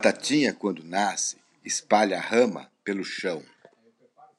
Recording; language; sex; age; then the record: short text; Brazilian Portuguese; male; 50 to 59 years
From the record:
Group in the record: control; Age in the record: 57 years